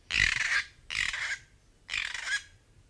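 North Island kaka giving three harsh, broad rasping squawks, each about half a second long, spaced roughly one second apart.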